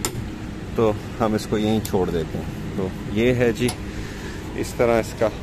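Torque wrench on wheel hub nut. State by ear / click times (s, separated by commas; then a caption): torque reached / 0.0 s. A torque wrench set to 220 Nm tightens the rear wheel hub nut on a 2007 Honda City during a front suspension overhaul and gives a sharp click at 0.1 s when it reaches the setting. Someone then talks for the rest of the clip. The hub nut is torqued to 220 Nm.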